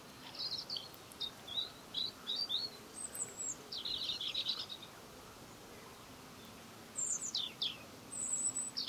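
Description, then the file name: European robin singing soft, high, tinkling phrases in quick bursts, then a quiet pause before further thin, descending notes, over a low hiss. "Erithacus rubecula"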